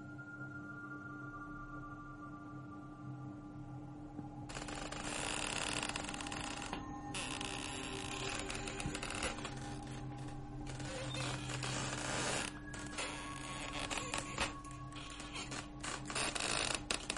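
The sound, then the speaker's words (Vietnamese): A low steady hum gives way to a long, grinding mechanical creak as a door is pushed and slides slowly to one side, scraping and rattling unevenly for many seconds with brief pauses. “Cánh cửa từ từ kéo sang một bên, vang lên những tiếng ken két ghê rợn.”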